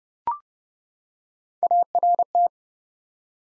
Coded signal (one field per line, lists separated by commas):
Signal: Morse code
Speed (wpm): 30 wpm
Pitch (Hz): 700 Hz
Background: none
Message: ART